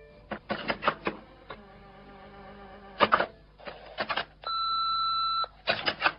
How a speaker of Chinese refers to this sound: 但你估不到我一回到家按着个电话录音机。